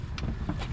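A transmission cooler line on a 2017 Dodge Caravan with a 62TE transmission is pushed back into its quick-connect fitting, which has a retaining clip that locks it in place. A sharp click at 0.2 s marks the line seating, followed by a softer knock at 0.5 s over steady low rumbling noise. The line is confirmed seated.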